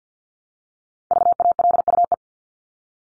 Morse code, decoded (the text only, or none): VALUE